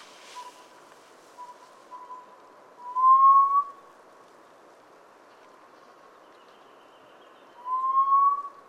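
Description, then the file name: Hill partridge calling: faint soft whistles at first, then two loud, clear whistles rising gently in pitch, about five seconds apart. "Hill Partridge Arborophila torqueola"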